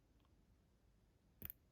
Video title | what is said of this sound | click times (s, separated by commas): Adorable Jewelry Pieces from Ukraine: Surprisingly Unique and Beautiful | When you insert it, something seems to snap into place or something like that. | 1.4 s, 1.5 s